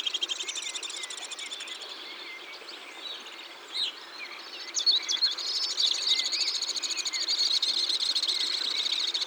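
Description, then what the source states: Alpine swift calls, with scattered high chirps and then a shrill rapid trilling chatter that builds and continues to the end, over constant hiss. Recorded in Ardèche.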